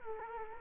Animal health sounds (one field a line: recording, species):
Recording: mosquito wingbeat signal from an infrared sensor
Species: Culex quinquefasciatus